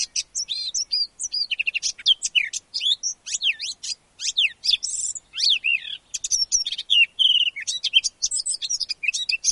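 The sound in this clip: Eurasian blackcap song: a rapid, varied warble of sweeping whistles and chattering notes, high-pitched and continuous with brief pauses, no other sounds noticeable.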